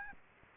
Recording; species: mosquito wingbeat signal from an infrared sensor; Aedes aegypti